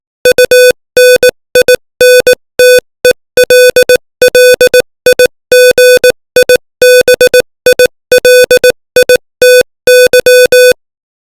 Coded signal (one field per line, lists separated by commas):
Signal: Morse code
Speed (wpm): 18 wpm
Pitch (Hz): 500 Hz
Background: music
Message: UNINTELLIGIBILITY